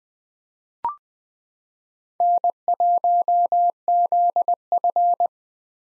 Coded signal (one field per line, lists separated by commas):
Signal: Morse code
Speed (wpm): 20 wpm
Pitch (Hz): 700 Hz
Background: none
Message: N1ZF